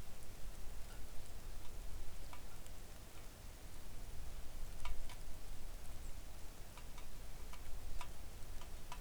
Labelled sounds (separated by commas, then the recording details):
songbird, rain
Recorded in the Arctic National Wildlife Refuge, Alaska, on 3 August 2019 at 06:00
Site 41